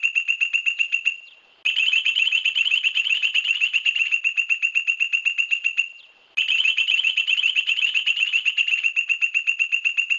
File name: Canto do limpa folha do buriti